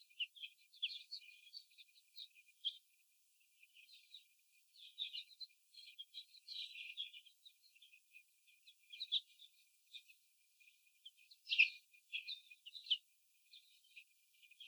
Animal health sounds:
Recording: young laying hens in a cage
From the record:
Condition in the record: before the stressor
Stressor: simulated dog barking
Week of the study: 4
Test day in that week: 2

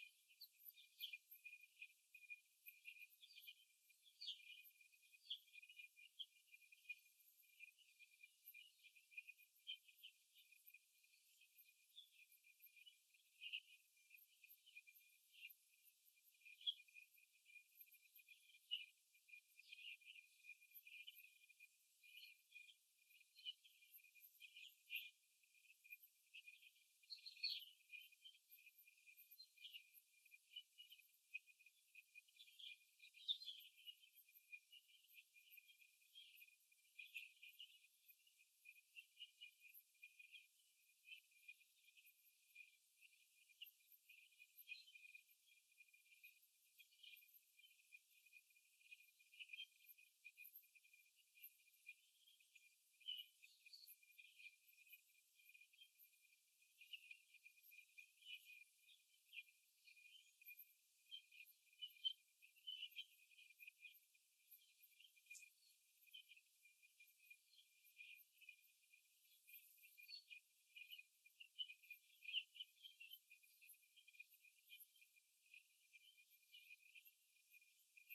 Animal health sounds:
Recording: young laying hens in a cage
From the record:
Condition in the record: before the stressor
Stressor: simulated dog barking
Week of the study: 2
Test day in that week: 3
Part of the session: 1

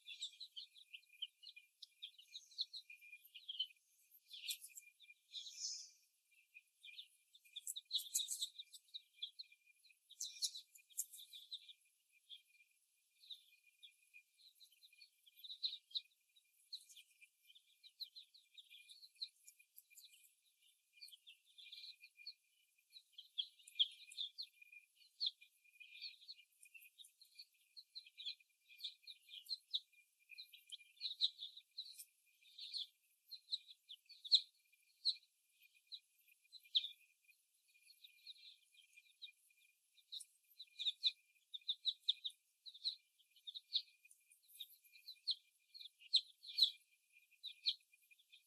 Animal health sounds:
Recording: young laying hens in a cage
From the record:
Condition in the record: before the stressor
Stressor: simulated dog barking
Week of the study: 1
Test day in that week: 1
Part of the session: 1

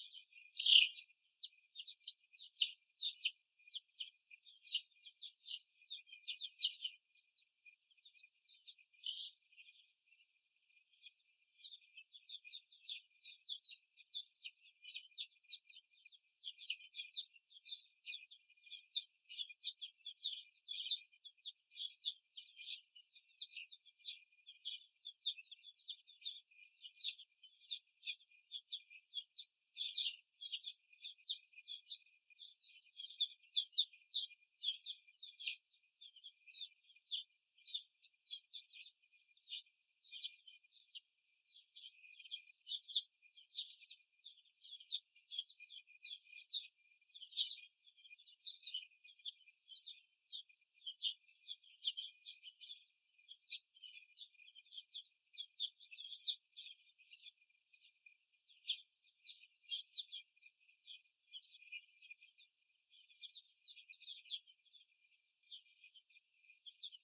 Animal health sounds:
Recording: young laying hens in a cage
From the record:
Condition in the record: after the stressor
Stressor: simulated dog barking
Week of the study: 1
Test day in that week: 2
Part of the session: 1

